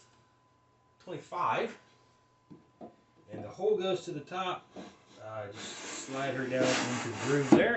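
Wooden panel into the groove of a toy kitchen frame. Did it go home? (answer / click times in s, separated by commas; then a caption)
no / none. Someone talks while handling wooden panel piece 25 of a Topbuy wooden toy kitchen, with its hole at the top, starting to slide it down into the groove of the frame. Faint rubbing and handling sounds are heard under the talk. Nothing has seated or clicked yet.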